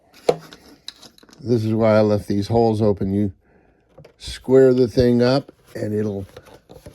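Someone talks while handling a fitted insert piece, squaring it up over its cut-out in a routed template opening that has holes left open. A few brief knocks and taps from the handling are heard, the sharpest near the start. Nothing has seated or clicked yet: the piece has not snapped into the template by the end of the clip.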